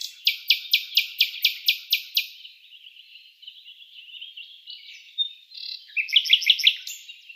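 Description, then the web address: Common nightingale delivering a row of loud, percussive repeated notes, a softer rambling passage, then a short rapid burst. "Schulze Peter Common Nightingale song"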